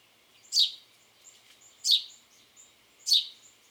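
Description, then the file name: House sparrow calling three emphatic chirps about 1.3 seconds apart, with soft faint notes in the gaps. "Passer domesticus"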